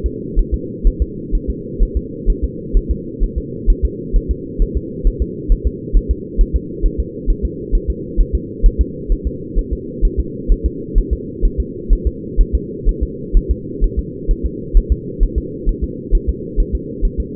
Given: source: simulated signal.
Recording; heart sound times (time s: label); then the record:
fetal heart sounds
0.06 s: S2
0.39 s: S1
0.54 s: S2
0.87 s: S1
1.02 s: S2
1.35 s: S1
1.50 s: S2
1.83 s: S1
1.97 s: S2
2.30 s: S1
2.44 s: S2
2.77 s: S1
2.91 s: S2
3.24 s: S1
3.38 s: S2
3.70 s: S1
3.85 s: S2
4.16 s: S1
4.31 s: S2
4.62 s: S1
4.77 s: S2
5.07 s: S1
5.22 s: S2
5.52 s: S1
5.67 s: S2
5.97 s: S1
6.11 s: S2
6.41 s: S1
6.56 s: S2
6.86 s: S1
7.00 s: S2
7.30 s: S1
7.45 s: S2
7.75 s: S1
7.90 s: S2
8.21 s: S1
8.35 s: S2
8.66 s: S1
8.81 s: S2
9.12 s: S1
9.27 s: S2
9.59 s: S1
9.73 s: S2
10.05 s: S1
10.20 s: S2
10.52 s: S1
10.66 s: S2
10.98 s: S1
11.13 s: S2
11.45 s: S1
11.60 s: S2
11.93 s: S1
12.07 s: S2
12.41 s: S1
12.55 s: S2
12.89 s: S1
13.03 s: S2
13.37 s: S1
13.51 s: S2
13.84 s: S1
13.99 s: S2
14.31 s: S1
14.46 s: S2
14.77 s: S1
14.92 s: S2
15.23 s: S1
15.38 s: S2
15.69 s: S1
15.84 s: S2
16.15 s: S1
16.29 s: S2
16.60 s: S1
16.75 s: S2
17.05 s: S1
17.20 s: S2
From the record:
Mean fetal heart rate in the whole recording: 130 bpm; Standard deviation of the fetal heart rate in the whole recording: 2 bpm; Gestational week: 38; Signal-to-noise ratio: -4.1 dB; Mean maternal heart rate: no maternal heart sound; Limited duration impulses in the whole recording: absent